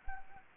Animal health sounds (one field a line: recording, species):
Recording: mosquito wingbeat signal from an infrared sensor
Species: Anopheles gambiae